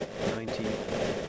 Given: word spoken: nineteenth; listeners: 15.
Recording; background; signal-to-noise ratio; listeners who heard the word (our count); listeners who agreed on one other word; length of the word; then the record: one English word in noise, from a listening test; noise modulated by three-talker babble; -7.5 dB; 3 of 15; 7 of 15; 0.89 s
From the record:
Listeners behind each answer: 7, 3, 3, 1, 1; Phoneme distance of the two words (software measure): 7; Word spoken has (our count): 2 syllables, 7 phonemes, stress on syllable 1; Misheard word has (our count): 2 syllables, 6 phonemes, stress on syllable 1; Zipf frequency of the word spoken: 2.64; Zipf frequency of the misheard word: 2.66